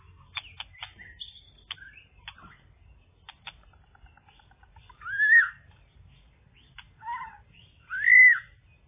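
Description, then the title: Java sparrow song opening with scattered dry clicks and faint ticking, then three loud arched whistled notes near the end. "kicau gelatik"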